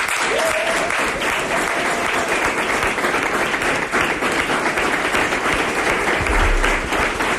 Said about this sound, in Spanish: Un fuerte aplauso, por favor, para Joaquín Palacín.